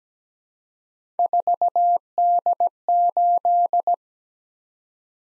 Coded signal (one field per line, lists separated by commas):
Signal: Morse code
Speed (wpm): 17 wpm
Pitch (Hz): 700 Hz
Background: none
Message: 4D8